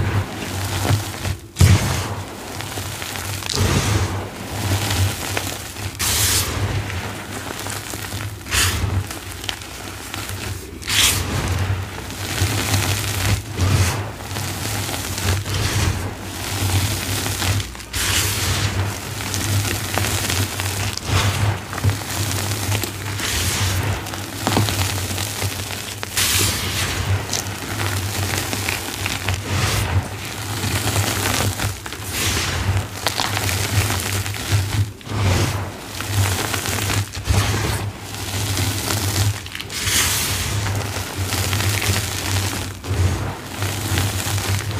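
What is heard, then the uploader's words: Crumbly dyed gym chalk and cornstarch chunks crunch and crackle throughout, with frequent sharp, bright snaps landing every second or two over a dense, gritty texture. A steady low hum runs underneath, and the loudness stays fairly even across the whole stretch. Satisfying flaky lime green dyed gym chalk + deep purple cornstarch crunchies + crunchy reforms + baby oil.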